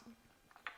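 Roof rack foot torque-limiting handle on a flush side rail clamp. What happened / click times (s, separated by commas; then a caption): The torque-limiting handle clicked at full tightness / 0.7 s. A Thule roof rack foot on a 2021-2022+ Kia Sorento 5-door SUV with flush rails is tightened with its built-in torque-limiting handle, whose fastener clamps onto both the flush side rail and the load bar at once. Faint turning ticks come at about 0.5 and 0.6 seconds, then the handle gives a sharp click at 0.7 seconds. That click means the foot is fully tightened.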